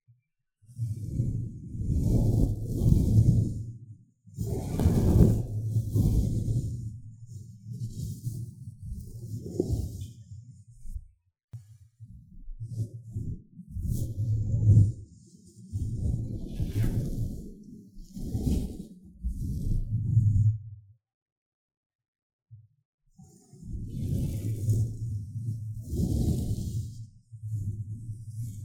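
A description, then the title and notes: Blowing and brushing across a microphone, with soft rubbing bursts and breathy gusts in uneven phrases. The sounds are mostly low and rumbling with faint hissy tops, pausing briefly near 11 seconds and going silent from about 21 to 23 seconds before resuming. 吹氣&&撫摸麥克風. Ear Blowing & Mic Touching, Brushing. NO Talking.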